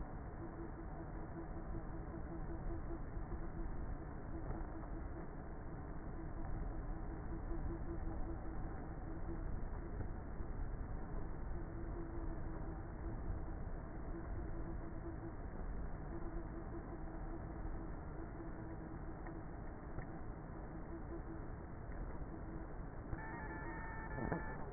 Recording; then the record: honeybee colony, microphone inside the hive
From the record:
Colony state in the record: queenless with a low population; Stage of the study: before two queens were removed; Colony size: about 30,000 bees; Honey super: no